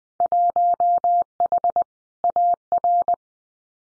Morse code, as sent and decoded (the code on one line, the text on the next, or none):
.---- .... / .- .-.
1H AR